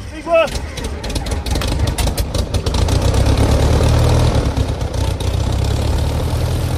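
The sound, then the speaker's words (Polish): A vintage propeller airplane engine runs loud and steady during a low-altitude flight over the Vistula river, with a deep low rumble and a rapid, rattling pulse that holds constant after a brief sound at the start. “Silnik pracuje na tyle głośno, że nie słyszę własnych myśli.”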